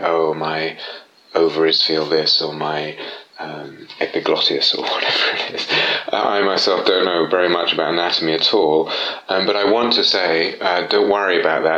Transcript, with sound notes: "Oh, my ovaries feel this," or "my epiglottis" or whatever it is. [laughs] I myself don't know very much about anatomy at all, but I want to say don't worry about that.